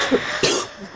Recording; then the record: coughing mixed with background sound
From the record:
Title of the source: 30 Chesty and wet cough